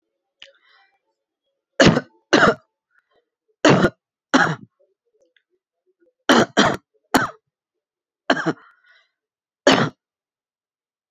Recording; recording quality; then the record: heavy voluntary cough; excellent, no background noise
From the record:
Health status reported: healthy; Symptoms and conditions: cough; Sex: male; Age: 27 years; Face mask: not worn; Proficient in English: yes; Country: India